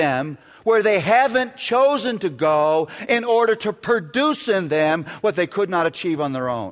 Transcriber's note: none